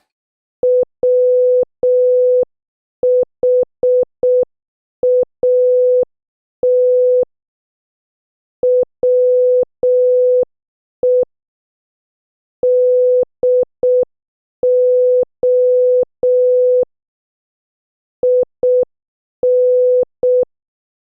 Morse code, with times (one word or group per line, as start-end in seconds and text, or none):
0.6-7.2 WHAT
8.6-11.2 WE
12.6-16.8 DO
18.2-20.4 IN